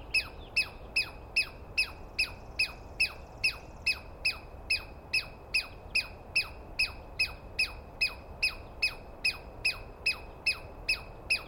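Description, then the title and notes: Douglas squirrel scolding in a fast, very regular stream of loud harsh descending chips, well over twenty in succession. Recorded at dawn on 21 April 2017 in the East Cascades; a single squirrel screaming at length at the recordist, identified by its sound rather than a clear view. "On the morning of 21 April, 2017, I set up my microphones and recorder for a nice dawn recording in the East Cascades. I was started awake by a screaming Douglas Pine Squirrel"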